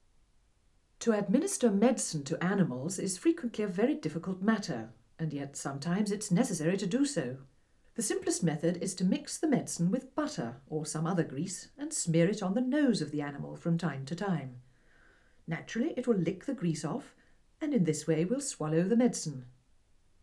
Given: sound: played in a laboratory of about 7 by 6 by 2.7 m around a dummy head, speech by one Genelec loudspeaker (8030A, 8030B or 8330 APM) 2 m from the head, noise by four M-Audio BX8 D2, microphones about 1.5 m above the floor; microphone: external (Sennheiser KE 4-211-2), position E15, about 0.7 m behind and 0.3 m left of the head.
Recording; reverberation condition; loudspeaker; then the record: female speech in English; low; 150 degrees to the left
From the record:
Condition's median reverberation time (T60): about 310 ms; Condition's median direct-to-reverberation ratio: about 3.5 dB